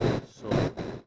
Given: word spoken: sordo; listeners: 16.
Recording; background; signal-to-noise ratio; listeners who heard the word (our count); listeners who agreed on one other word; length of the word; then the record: one Spanish word in noise, from a listening test; noise modulated by one talker; -12.0 dB; 0 of 16; 6 of 16; 0.67 s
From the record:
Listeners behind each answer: 6, 2, 1, 1, 1, 1, 1, 1, 1, 1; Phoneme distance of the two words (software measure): 17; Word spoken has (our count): 2 syllables, 5 phonemes, stress on syllable 1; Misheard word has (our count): 2 syllables, 4 phonemes, stress on syllable 1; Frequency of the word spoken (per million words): 7.75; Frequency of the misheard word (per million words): 209.82